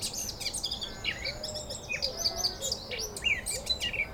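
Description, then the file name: Eurasian blackcap song, quick jumbled warble with sharp whistled slurs, over faint lower calls and background noise. "Sylvia atricapilla"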